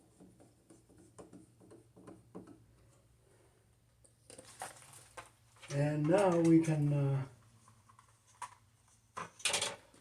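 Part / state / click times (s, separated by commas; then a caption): wiring harness plug into smoke detector socket / seated / 9.4 s. A wiring harness plug is pushed into the socket on the back of a smoke detector, its key lined up with the notch, while someone talks and small handling taps sound. The plug snaps in with a sharp click at about 9.5 s and is seated.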